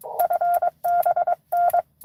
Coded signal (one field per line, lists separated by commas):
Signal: Morse code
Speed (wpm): 22 wpm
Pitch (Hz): 700 Hz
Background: none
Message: FB N